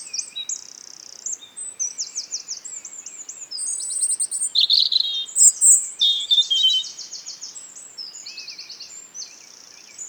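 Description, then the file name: European robin song of varied high trills and buzzy rattles, building to a louder burst of sweet warbled notes midway, then softer trilling phrases. "Erithacus rubecula"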